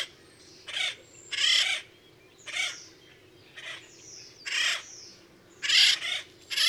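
Bird uttering a series of loud, raspy squawks and caws, separated by short gaps and varying in length, with a few softer rasping notes among them.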